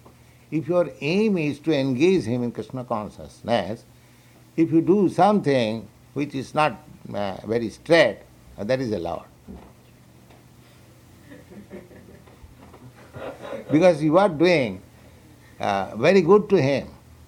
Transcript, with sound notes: If your aim is to engage him in Kṛṣṇa consciousness, if you do something which is not very straight, that is allowed. [laughter] Because you are doing very good to him.